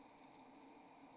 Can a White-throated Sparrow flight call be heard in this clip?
no